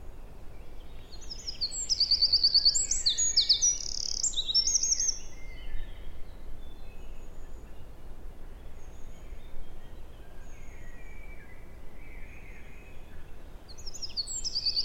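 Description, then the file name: Eurasian wren song: a loud, rapid burst of high, metallic trills and chattering notes lasting several seconds, then quieter calls and a brief trill at the end. "Troglodytes troglodytes"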